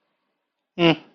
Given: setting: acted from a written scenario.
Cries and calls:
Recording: vocal sound without words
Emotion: neutral

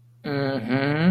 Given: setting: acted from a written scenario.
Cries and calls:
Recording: vocal sound without words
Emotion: contempt

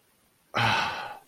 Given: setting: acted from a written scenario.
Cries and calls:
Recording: vocal sound without words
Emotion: contempt

